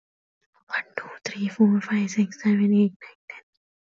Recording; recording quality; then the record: counting at a fast pace; excellent, no background noise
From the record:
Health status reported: healthy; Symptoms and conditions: sore throat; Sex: female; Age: 20 years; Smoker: not ticked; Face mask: not worn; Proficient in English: yes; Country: India